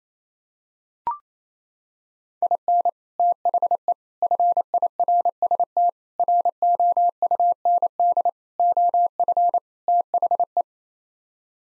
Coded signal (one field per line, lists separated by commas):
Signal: Morse code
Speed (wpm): 28 wpm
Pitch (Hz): 700 Hz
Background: none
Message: IN THE FIRST ROUND OF THE